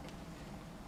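A plastic zip-tie style plant tag strap is being handled around a plant stem, to be fed into its own ratchet lock only a couple of clicks so it stays loose and doesn't choke the plant. A steady low rumble with a brief handling rustle near 0.1 s is heard. Nothing has seated or clicked yet.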